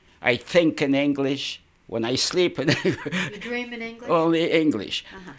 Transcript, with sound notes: I think in English, when I sleep... ( he laughs )
You dream in English.
Only English.